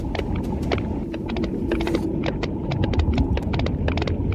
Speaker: Et sous l'eau, les cachalots émettent des clics, ils s'en servent comme sonar, ça ressemble à ça.